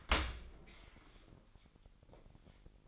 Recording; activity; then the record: daily activity, microphone in the room; open dishwasher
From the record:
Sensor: 5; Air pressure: 1000.7 hPa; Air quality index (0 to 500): 247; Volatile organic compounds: 34 ppm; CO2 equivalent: 3042 ppm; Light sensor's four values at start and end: 31/70/28/26 and 31/72/29/27